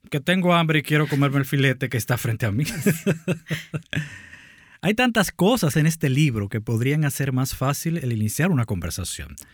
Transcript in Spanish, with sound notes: «¡Que tengo hambre y quiero comerme el filete que está frente a mí!» (Risas) Hay tantas cosas en este libro que podrían hacer más fácil el iniciar una conversación.